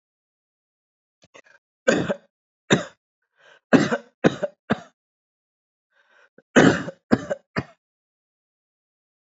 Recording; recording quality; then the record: heavy voluntary cough; excellent, no background noise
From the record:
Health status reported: healthy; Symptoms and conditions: none ticked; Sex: male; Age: 38 years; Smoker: not ticked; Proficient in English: yes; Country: India